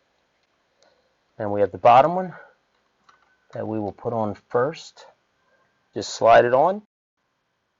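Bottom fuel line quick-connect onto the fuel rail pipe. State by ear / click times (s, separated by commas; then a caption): not seated / none. A person talks while handling the bottom fuel line quick-connect to slide it onto the fuel rail pipe of a Chevy Trailblazer 5.3L during fuel injector replacement. Only faint small ticks are heard, at about 0.8 s and 3.1 s. Nothing has seated or clicked yet.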